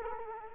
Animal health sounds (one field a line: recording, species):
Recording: mosquito wingbeat signal from an infrared sensor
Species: Culex quinquefasciatus